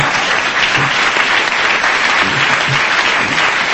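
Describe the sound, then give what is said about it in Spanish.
An audience applauds steadily, a dense, even wash of many hands clapping at once, loud and sustained from start to finish with no voices standing out. “Eso merece un aplauso. Aplaudan, por favor, por lo menos.”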